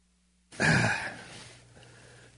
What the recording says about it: Had a little sneeze thing going on there. I sound a little stuffy this morning.